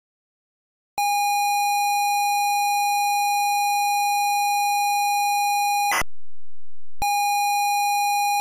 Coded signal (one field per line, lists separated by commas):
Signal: ZX Spectrum tape loading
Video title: Z23 - Crash 747 + ZX Spectrum Loading Screen